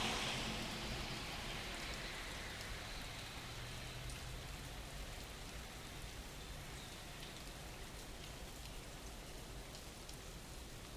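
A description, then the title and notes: Morning rain falls in a dense, steady patter, slightly louder at the start, with a faint low rumble of a passing car beneath. I woke up early to the sound of rain and just parked my microphones by my front door and went back to bed.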